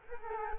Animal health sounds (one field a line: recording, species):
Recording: mosquito wingbeat signal from an infrared sensor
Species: Culex quinquefasciatus